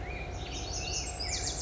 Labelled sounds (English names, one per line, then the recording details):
Black-headed Grosbeak
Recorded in Sonoma County, California